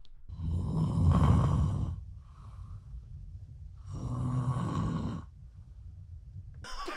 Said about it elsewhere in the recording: What I was dealing with 5 minutes after she went to sleep. You're snoring so loud.